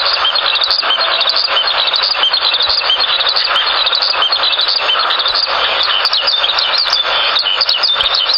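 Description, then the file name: Eurasian skylark song, an unbroken rush of high chattering and warbled notes. July 2005, north side of Endo. "ヒバリ 200507 遠藤北側"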